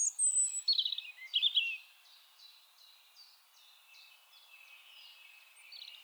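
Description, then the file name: European robin gives loud, tinkling high trills, then a soft series of thin repeated notes trailing off, with a last faint high flourish. "Erithacus rubecula"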